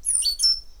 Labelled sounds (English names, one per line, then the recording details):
Stitchbird song
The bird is a male
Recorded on Tiritiri Matangi Island, New Zealand, in 2005
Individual 4, of nest box 4